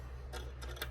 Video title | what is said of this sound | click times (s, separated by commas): Boxy Boo IRL 1.0 | a this little latch here you pull it and it releases with that there | 0.8 s